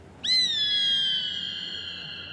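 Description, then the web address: Gray Hawk giving a single long, plaintive whistle that starts sharply, then slowly slides downward and fades; background otherwise quiet. "BIRD NOTE. Emily Raboteau and Harlems Gray Hawk Mural"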